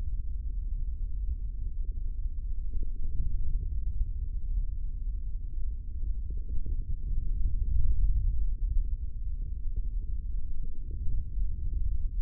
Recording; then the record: forearm muscle sounds (acoustic myography)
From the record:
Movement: hand closing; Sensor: system 3, bracelet of six PUI Audio POM-2738L microphones around the upper forearm, with dedicated amplification and filtering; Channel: 2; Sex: male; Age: 25 years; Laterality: right